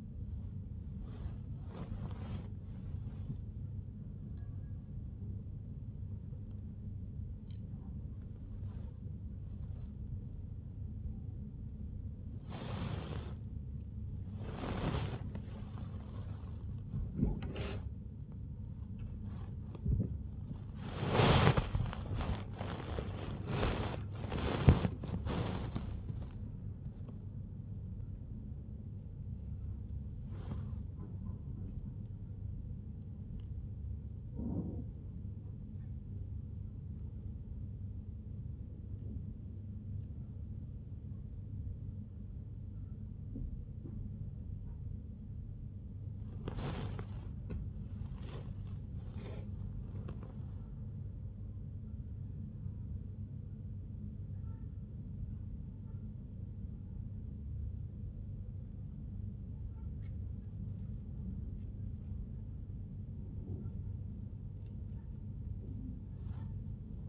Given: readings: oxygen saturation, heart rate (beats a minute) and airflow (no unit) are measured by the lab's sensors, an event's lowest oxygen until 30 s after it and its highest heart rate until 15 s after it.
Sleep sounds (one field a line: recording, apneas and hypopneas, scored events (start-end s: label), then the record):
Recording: a person awake in a sleep study, by a smartphone at the bedside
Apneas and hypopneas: none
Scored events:
0.00-67.09 s: awake
From the record:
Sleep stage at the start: awake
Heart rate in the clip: 83 to 100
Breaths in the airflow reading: 21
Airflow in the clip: -1.1 to 1.3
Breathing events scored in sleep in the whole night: 51 in 8.9 hours asleep